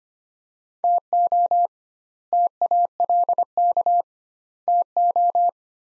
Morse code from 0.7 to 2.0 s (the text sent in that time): TO